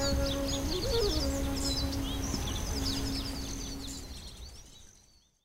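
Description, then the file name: Baby birds calling with many quick high chirps and squeaks. A steady low hum runs underneath and briefly rises before the sound fades away. Young birds recorded at Crescent Meadow in August 2015. "201508 Aug Crescent Meadows Baby Birds"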